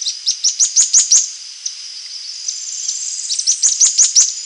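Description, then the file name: Bird call series, rapid high chirps at the start and end, with a thin wavering trill between them and a continuous high tone behind. "SABIOD 50 bird 2015"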